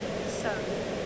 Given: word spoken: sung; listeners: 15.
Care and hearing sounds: one English word in noise, from a listening test; speech-shaped noise; -5.4 dB; 2 of 15; 6 of 15; 0.66 s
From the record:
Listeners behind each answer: 6, 4, 2, 1, 1, 1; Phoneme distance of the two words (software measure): 20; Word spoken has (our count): 1 syllable, 3 phonemes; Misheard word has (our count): 1 syllable, 3 phonemes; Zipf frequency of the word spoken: 3.91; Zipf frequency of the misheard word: 3.31

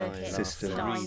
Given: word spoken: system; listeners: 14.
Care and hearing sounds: one English word in noise, from a listening test; four-talker babble; -0.1 dB; 1 of 14; 7 of 14; 0.67 s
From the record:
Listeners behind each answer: 7, 3, 3, 1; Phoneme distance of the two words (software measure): 7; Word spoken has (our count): 2 syllables, 6 phonemes, stress on syllable 1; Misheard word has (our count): 2 syllables, 5 phonemes, stress on syllable 1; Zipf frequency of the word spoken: 5.26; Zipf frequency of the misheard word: 4.91

